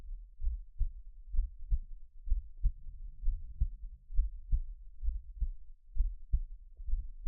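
Deep, muffled thumps come in paired lub-dub beats at about 65 a minute, with a fairly steady rhythm and a soft low rumble between beats. This is a normal adult heartbeat heard close to the ear, the familiar thump-thump pulse.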